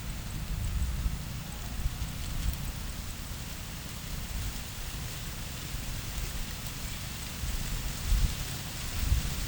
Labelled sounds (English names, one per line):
none